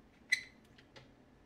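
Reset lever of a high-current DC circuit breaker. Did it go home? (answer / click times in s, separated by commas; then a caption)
no / none. The reset lever of a high-current DC circuit breaker is pushed the normal way to re-arm it after it tripped, giving a sharp bright tap at 0.3 seconds and fainter ticks near 0.8 and 1.0 seconds. The lever does not latch, and nothing has seated or clicked yet.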